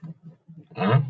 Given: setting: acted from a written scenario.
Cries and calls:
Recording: vocal sound without words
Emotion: confusion

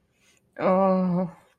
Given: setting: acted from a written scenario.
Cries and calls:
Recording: vocal sound without words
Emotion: shame

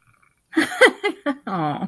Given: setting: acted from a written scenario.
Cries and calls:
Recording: vocal sound without words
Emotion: amusement

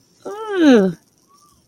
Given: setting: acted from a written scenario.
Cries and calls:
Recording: vocal sound without words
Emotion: negative surprise

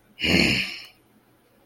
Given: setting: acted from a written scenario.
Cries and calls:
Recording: vocal sound without words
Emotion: anger

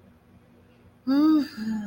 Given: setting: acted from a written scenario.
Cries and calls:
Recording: vocal sound without words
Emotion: serenity

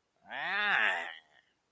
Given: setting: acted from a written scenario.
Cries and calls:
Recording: vocal sound without words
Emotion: disgust

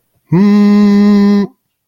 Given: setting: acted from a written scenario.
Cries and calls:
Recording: vocal sound without words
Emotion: pride

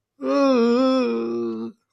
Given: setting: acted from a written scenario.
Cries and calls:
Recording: vocal sound without words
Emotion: pain

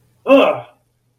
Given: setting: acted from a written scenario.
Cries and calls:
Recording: vocal sound without words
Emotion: negative surprise

